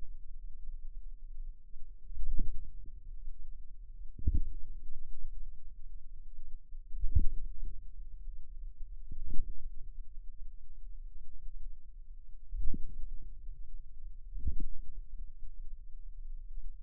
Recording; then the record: forearm muscle sounds (acoustic myography)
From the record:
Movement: inward rotation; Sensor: system 2, bracelet of six BSWA MPA416 microphones around the upper forearm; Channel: 6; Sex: female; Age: 23 years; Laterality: right